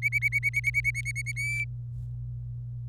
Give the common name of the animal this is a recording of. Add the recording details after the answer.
Domestic Canary. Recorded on 25 April 2018 at 17:43. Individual llb3